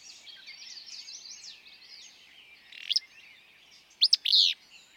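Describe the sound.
Willow flycatcher giving a sharp note and then a sneezy, burry two-part phrase, after a soft jumble of other birdsong.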